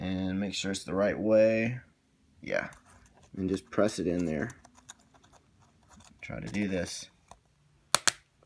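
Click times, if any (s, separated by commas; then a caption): 8.0 s, 8.1 s. A plastic key cap is laid on the scissor clips of a 2008 MacBook Pro laptop keyboard and pressed down. Someone talks, then two sharp clicks at 8.0 s and 8.1 s are heard as the key cap snaps into place on the clips, seated.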